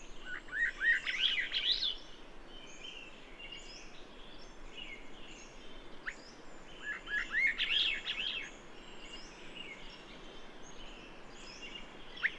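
Bird song: a rapid high warbled phrase given twice about six seconds apart, with thin whistled notes and steady background hiss.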